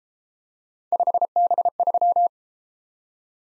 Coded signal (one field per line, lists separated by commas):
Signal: Morse code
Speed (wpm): 32 wpm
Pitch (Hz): 700 Hz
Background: none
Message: 5B3